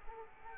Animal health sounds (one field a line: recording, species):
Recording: mosquito wingbeat signal from an infrared sensor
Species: Aedes aegypti